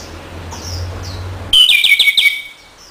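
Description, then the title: Orange-headed thrush song: faint high chirps, then a loud burst of quick, rich, varied notes lasting under a second, with a low hum early on. Song to lure and stimulate a bird that has stopped singing. "Anis Merah Macet.. Pancing Dengan Suara Ini.. # Anis Merah"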